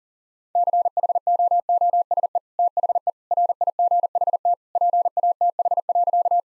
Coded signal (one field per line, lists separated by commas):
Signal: Morse code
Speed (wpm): 40 wpm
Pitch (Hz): 700 Hz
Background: none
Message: CHOOSE THE RIGHT PATH.